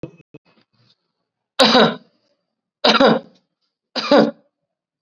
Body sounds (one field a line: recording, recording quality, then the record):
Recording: heavy voluntary cough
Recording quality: excellent, no background noise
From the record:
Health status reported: COVID-19 positive, mild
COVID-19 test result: positive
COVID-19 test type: RT-PCR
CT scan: not taken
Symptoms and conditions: cough, cold, fever, fatigue, muscle pain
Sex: male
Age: 48 years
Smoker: no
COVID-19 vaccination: both doses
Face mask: worn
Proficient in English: yes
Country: India